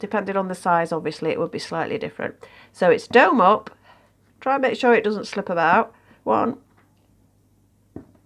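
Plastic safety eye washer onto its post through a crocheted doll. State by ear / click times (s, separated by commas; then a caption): seated / 8.0 s. A plastic safety eye washer is pushed onto its post through the crochet fabric of a crocheted doll while someone talks. After a pause, a single sharp click is heard at 8.0 s as the washer moves one more notch down the post and seats further.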